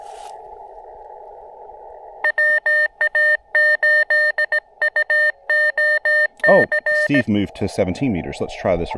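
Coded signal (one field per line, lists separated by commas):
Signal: Morse code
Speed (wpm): 17 wpm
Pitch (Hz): 1800 Hz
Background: speech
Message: WA8UOC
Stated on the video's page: CW portable POTA hunting with an Elecraft KX2, Begali Adventure paddles and a 9:1 random wire antenna.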